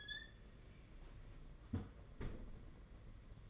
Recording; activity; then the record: daily activity, microphone in the room; close fridge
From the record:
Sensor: 4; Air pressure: 992.6 hPa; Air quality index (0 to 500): 168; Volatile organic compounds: 235 ppm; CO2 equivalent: 4320 ppm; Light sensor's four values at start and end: 19/65/24/25 and 19/66/24/25